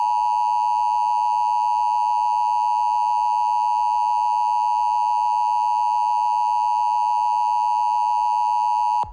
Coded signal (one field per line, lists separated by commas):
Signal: Emergency Alert System (SAME) tones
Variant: 853 and 960 Hz attention tone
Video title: eas heat warning